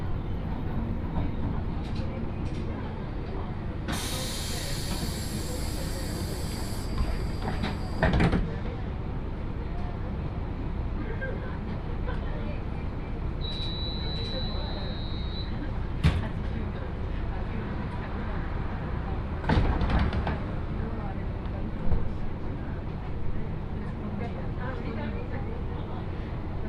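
A ride on the Yodo Line train from Uwajima to Chikanaga, with a steady low rumble throughout. A bright hiss of air bursts out around four to seven seconds, and a short high whistle-like tone sounds near fourteen seconds. Occasional sharp knocks punctuate the run.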